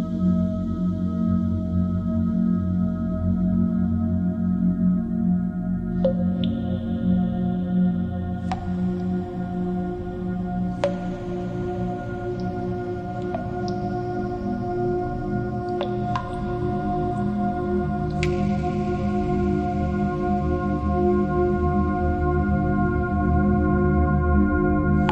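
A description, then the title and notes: Water drops fall into a cave over a steady, ringing ambient drone of sustained low and middle tones. Sharp, bright drips land every few seconds, each leaving a short shimmering echo, while the warm hum underneath holds unchanged throughout. Incredible Sound of Water Drops Falling Into Cave Ambient Music.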